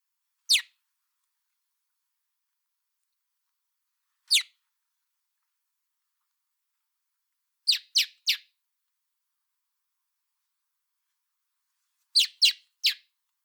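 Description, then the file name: Common blackbird giving hard chink calls, two lone notes, then two rapid triplets, with long silent gaps between. "Turdus merula"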